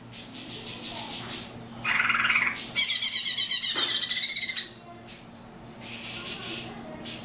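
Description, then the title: Oriental magpie-robin song: scratchy, rapidly repeated high notes in dense bursts lasting up to about two seconds, with softer song before and after. "Kicau Kacer"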